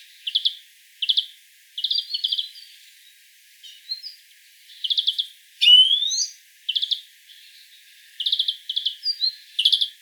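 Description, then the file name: European greenfinch giving repeated bursts of short trilled chirps, with a few whistled notes mixed in. "Chloris chloris"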